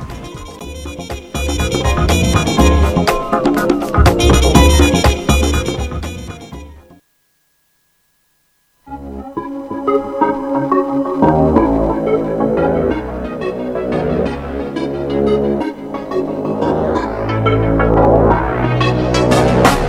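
A song plays loud and dense with steady rhythm, drops into about two seconds of silence, then starts again with full layered instruments through the end.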